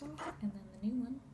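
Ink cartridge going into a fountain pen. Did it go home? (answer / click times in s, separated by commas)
no / none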